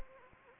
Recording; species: mosquito wingbeat signal from an infrared sensor; Anopheles arabiensis